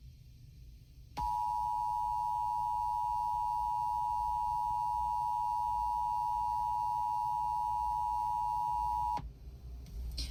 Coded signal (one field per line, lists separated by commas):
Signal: Emergency Alert System (SAME) tones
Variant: 853 and 960 Hz attention tone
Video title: EAS #106 - Required Monthly Test